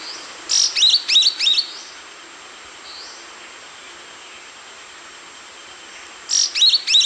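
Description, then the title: Yellow-green Grosbeak giving a rapid run of several sharp, downslurred notes, then a pause and another short run of similar notes. Subspecies brasiliensis, assumed from the recording location. "LuckyPassaro Completos2Sama. Yellow-green Grosbeak (Caryothraustes canadensis brasiliensis (ssp assumed from location))"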